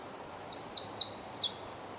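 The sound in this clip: Magnolia warbler singing one brief, high-pitched warbled phrase of rapid connected notes, ending with a slight upward flourish, against soft ambient noise.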